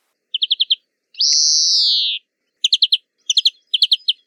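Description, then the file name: Greenfinch song with a short trill, then a long buzzy wheeze that rises and falls, followed by three brief twittering bursts. "Verdone"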